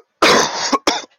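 Two harsh, explosive coughs from an adult man, the first long and rasping, the second brief.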